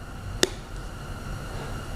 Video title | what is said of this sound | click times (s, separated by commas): JEEP GRAND CHEROKEE KEY FOB BATTERY REPLACEMENT. KEY NOT WORKING FIX | just start pushing things down until it clicks later | 0.4 s